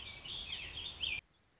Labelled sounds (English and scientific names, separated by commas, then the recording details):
Warbling Vireo (Vireo gilvus)
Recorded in Sonoma County, California